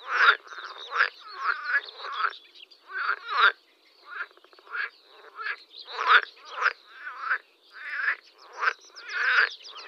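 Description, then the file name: Dense Water frog chorus of harsh, rattling croaks repeated in quick uneven bursts, with a few short pauses between clusters. "zelena zaba"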